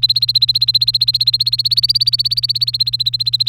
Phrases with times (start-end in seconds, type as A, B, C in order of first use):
0.00-3.48 A